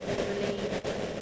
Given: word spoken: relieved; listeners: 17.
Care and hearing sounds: one English word in noise, from a listening test; noise modulated by three-talker babble; -4.8 dB; 0 of 17; 6 of 17; 0.81 s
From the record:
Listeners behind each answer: 6, 4, 3, 1, 1, 1, 1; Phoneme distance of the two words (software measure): 17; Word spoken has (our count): 2 syllables, 6 phonemes, stress on syllable 2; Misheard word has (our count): 2 syllables, 5 phonemes, stress on syllable 2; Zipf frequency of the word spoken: 4.09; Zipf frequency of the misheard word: 5.56

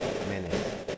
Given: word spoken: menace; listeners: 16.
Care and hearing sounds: one English word in noise, from a listening test; noise modulated by three-talker babble; -4.1 dB; 5 of 16; 6 of 16; 0.58 s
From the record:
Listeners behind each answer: 6, 5, 4, 1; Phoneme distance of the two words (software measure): 17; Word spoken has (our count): 2 syllables, 5 phonemes, stress on syllable 1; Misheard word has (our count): 2 syllables, 4 phonemes, stress on syllable 1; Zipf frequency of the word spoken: 3.55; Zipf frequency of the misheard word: 5.87

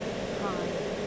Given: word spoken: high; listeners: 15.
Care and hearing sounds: one English word in noise, from a listening test; speech-shaped noise; -5.8 dB; 1 of 15; 8 of 15; 0.67 s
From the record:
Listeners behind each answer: 8, 2, 1, 1, 1, 1, 1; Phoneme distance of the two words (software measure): 24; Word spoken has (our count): 1 syllable, 2 phonemes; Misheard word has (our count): 1 syllable, 4 phonemes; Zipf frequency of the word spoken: 5.53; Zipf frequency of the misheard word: 5.60

